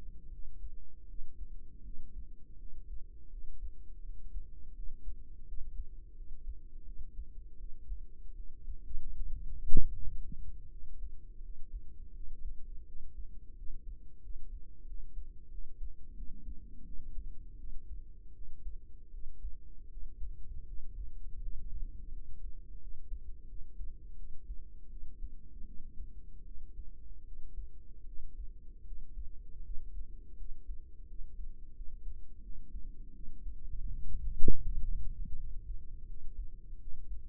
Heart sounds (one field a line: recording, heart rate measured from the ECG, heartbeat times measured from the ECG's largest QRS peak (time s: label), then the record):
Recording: heart sounds by microphone in the right ear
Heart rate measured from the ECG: 82 bpm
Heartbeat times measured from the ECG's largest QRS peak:
0.29 s: heartbeat
1.05 s: heartbeat
1.81 s: heartbeat
2.56 s: heartbeat
3.28 s: heartbeat
4.00 s: heartbeat
4.72 s: heartbeat
5.43 s: heartbeat
6.13 s: heartbeat
6.83 s: heartbeat
7.55 s: heartbeat
8.33 s: heartbeat
9.11 s: heartbeat
9.91 s: heartbeat
10.68 s: heartbeat
11.40 s: heartbeat
12.11 s: heartbeat
12.84 s: heartbeat
13.54 s: heartbeat
14.20 s: heartbeat
14.84 s: heartbeat
15.48 s: heartbeat
16.13 s: heartbeat
16.82 s: heartbeat
17.55 s: heartbeat
18.32 s: heartbeat
19.09 s: heartbeat
19.87 s: heartbeat
20.64 s: heartbeat
21.39 s: heartbeat
22.10 s: heartbeat
22.78 s: heartbeat
23.46 s: heartbeat
24.14 s: heartbeat
24.87 s: heartbeat
25.63 s: heartbeat
26.42 s: heartbeat
27.23 s: heartbeat
28.03 s: heartbeat
28.82 s: heartbeat
29.61 s: heartbeat
30.35 s: heartbeat
31.05 s: heartbeat
31.72 s: heartbeat
32.40 s: heartbeat
33.11 s: heartbeat
33.85 s: heartbeat
34.61 s: heartbeat
35.35 s: heartbeat
36.05 s: heartbeat
36.77 s: heartbeat
From the record:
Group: healthy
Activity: cold pressor test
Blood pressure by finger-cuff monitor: 119/68 mmHg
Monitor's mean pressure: 83 mmHg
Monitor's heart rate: 83 bpm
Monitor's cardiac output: 6.3 L/min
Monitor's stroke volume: 78 mL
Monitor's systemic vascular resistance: 970 dyn s/cm5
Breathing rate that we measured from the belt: 7 breaths a minute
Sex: female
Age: 32 years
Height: 168 cm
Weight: 61.9 kg